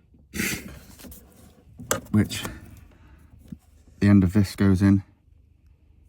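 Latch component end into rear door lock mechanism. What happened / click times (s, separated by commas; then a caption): The latch part is being handled but has not yet seated / none. Someone talks while fitting the end of a door latch part into the rear door lock mechanism of a Volvo XC90 during a fix for seized rear doors, with light handling rattles and a sharp tap near 1.9 s. The part is still being handled, and nothing has seated or clicked into place yet.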